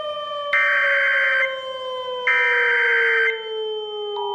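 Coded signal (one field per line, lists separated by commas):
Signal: Emergency Alert System (SAME) tones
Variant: header bursts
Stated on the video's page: Fictional tornado watch and warning scenario, simulated rather than a real broadcast.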